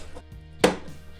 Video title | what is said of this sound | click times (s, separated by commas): Quick & Easy Bathroom Fan Fix | and there it clicked right into place you can see the fan blade is spinning | 0.6 s